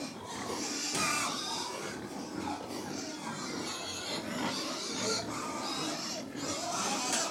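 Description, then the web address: Domestic pigs feeding, a dense continuous mix of crunching, snuffling and grunting, with occasional short squeals over the chewing. Around 100 pigs feeding; livestock. "The BBC Sound Effects Library - Complete 60 CDs Collection Livestock 100 Pigs Feeding"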